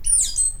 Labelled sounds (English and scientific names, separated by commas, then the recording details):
Stitchbird (Notiomystis cincta) song
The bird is a male
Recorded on Tiritiri Matangi Island, New Zealand, in 2005
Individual 22, of nest box 31